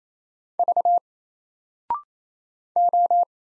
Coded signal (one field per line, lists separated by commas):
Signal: Morse code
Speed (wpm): 27 wpm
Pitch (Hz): 700 Hz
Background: none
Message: V O